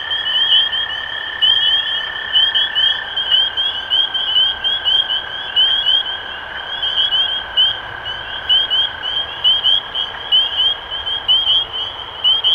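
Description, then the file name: Massed spring peepers give bright, rising peeps nonstop, overlapping thickly, while a faint lower steady tone runs through much of the recording. Recorded 23 March 2012. "Peepers-2012-0323"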